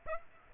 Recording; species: mosquito wingbeat signal from an infrared sensor; Aedes aegypti